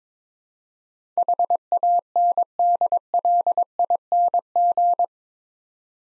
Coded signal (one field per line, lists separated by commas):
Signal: Morse code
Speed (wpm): 23 wpm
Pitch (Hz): 700 Hz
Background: none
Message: HANDLING